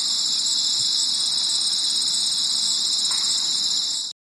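Crickets in a continuous shrill, high trilling chorus, unbroken until it cuts off abruptly near the end.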